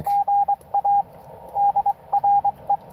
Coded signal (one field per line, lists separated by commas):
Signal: Morse code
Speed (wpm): 23 wpm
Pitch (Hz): 810 Hz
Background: radio noise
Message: GA DRE